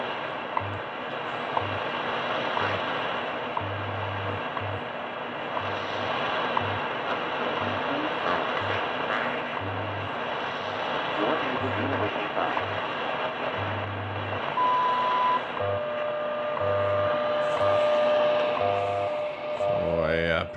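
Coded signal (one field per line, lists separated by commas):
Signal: radio time signal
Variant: WWV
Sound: heavy static with faint ticks, low pulsed hum and a steady mid tone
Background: radio static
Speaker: Oh a pretty good signal here from WWV time signal from Boulder Colorado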